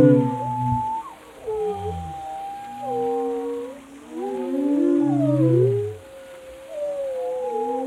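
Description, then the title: Whale calls, deep grunting pulses mixed with wavering, scooping moans that bend up and down in overlapping layers. "Whale Tales: Discovering the Stories Behind the Sounds"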